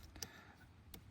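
An adapter plug for a Towpro brake controller is tried the wrong way round against the vehicle socket of a 2024-onward Toyota Land Cruiser Prado, and it will not go in, so it is flipped over. Only brief plastic taps are heard, near 0.2 s and 0.9 s, over a low hum. Nothing has seated or clicked yet.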